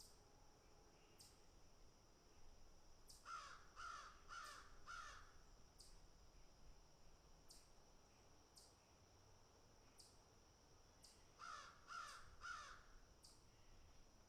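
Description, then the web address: Crow giving two bursts of harsh caws, four then three, with faint high ticking clicks throughout. Crows picking and eating. "animals crows picking and eating"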